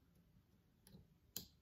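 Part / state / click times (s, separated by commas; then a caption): wire spade terminal onto carbon brush terminal / seated / 1.4 s. A wire's spade terminal is pushed back onto the new carbon brush in the motor of a Dewalt battery jigsaw. After a faint tick near 0.9 s, a sharp click at 1.4 s marks the terminal seating onto the brush.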